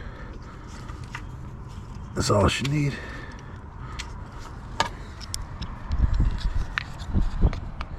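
The wiring harness connector is handled near the camshaft position sensor on a 2010 Ford F-150 4.6L V8, with the sensor having just been snugged down. Someone talks, and light handling ticks and taps sound around them. The connector has not been pressed on yet, and nothing has clicked or seated.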